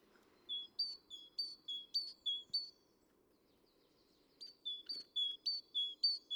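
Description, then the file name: Great tit song: bright two-note phrases, a high note dropping to a lower one, repeated quickly in two bursts with a pause between. "Parus major"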